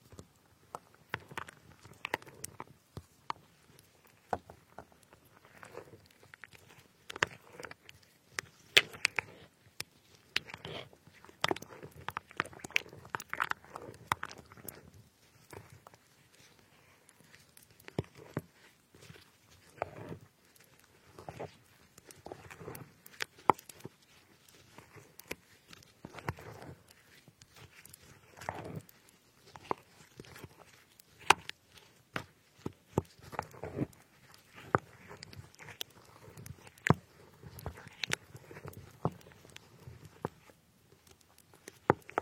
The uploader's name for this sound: cutting fruits like strawberries